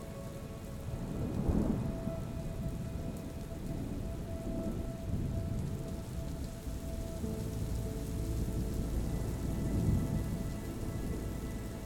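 Thunder rumbles low under steady rain, swelling around two and ten seconds, while faint sustained musical tones hum softly throughout.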